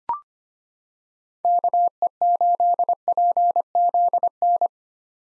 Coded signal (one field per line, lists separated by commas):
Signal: Morse code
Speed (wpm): 25 wpm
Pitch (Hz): 700 Hz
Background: none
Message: KE8PZN